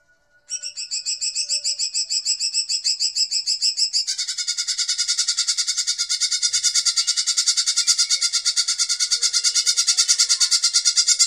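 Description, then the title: Bird starting after a brief silence with a rhythmic high chatter that shifts into a denser, buzzier pulsing trill, growing steadily louder and continuing to the end. "SuaraBurung Kicau"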